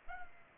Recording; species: mosquito wingbeat signal from an infrared sensor; Culex pipiens